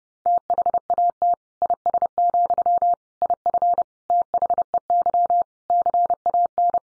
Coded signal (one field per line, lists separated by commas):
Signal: Morse code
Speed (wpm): 30 wpm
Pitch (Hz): 700 Hz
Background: none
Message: THAT IS, IF THEY CAN